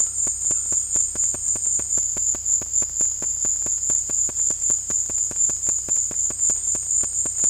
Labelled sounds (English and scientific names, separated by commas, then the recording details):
none
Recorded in dense forest near Puerto Asís, Putumayo, Colombia, on 18 February 2024 at 14:30
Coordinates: 0.487, -76.319
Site G6403